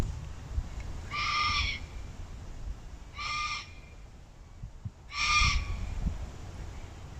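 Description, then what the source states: Red-tailed black cockatoo giving three harsh, grating calls about two seconds apart, each under a second long, with low rumbling background noise. Recorded from a car window in a tree-filled car park on a 41-degree day; flocks often fly through Midland.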